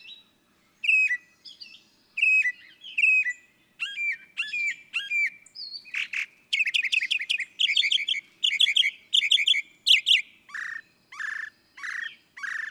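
Northern mockingbird song, a varied string of sharp whistled and chattering phrases, each repeated several times before switching to a new pattern, clean background.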